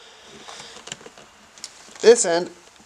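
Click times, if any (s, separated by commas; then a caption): none. A side mirror glass for a Volvo V70 is handled against the passenger mirror housing, giving a few faint taps and knocks while someone talks, with a brief sharp tap at the very end. Nothing has seated or snapped in yet.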